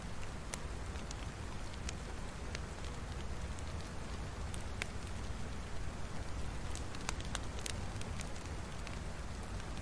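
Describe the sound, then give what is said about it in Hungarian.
A fire crackles steadily in a hearth, a dense bed of soft hiss and low rumble broken by sharp, irregular pops and snaps. No voices are heard. “amiben éppen a tűzhely mellett melegszem és szárítgatom a karakteremet”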